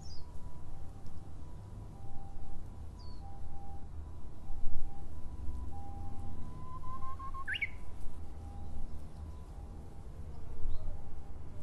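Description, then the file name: Japanese bush warbler: a swelling whistle ending in a quick upward flourish, amid evenly repeated short pure tones and faint high chirps. Recorded in 2012. "uguisu 2012"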